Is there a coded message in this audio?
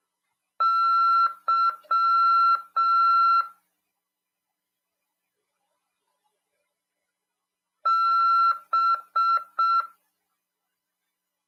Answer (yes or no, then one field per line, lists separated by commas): yes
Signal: Morse code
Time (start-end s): 0.6-9.8 s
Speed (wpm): 6 wpm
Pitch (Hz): 1350 Hz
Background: none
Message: Y B